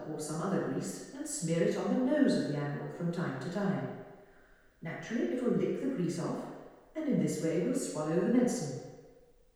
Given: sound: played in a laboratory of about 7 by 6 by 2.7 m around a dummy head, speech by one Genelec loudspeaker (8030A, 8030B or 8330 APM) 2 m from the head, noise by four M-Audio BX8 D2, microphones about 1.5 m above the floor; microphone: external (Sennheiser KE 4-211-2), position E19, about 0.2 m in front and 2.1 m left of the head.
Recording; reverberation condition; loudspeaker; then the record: female speech in English; high; 60 degrees to the right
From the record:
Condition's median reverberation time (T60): about 1300 ms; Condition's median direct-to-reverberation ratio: about -4.0 dB